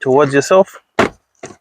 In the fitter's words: till you hear it click open.